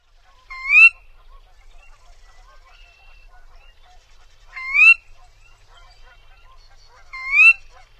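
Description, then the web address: Sora calling with a rising whistled note three times, a few seconds apart, over a quiet background with faint scattered calls. "Songs of Birds of North America. Sora"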